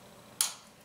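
A metal circlip is pushed into the groove of a Harley Twin Cam motorcycle piston pin bore while a helper holds the piston. Against a quiet background, a single sharp, bright snap sounds at 0.4 s and fades over about a quarter second. The clip seats in its groove.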